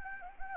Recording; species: mosquito wingbeat signal from an infrared sensor; Anopheles gambiae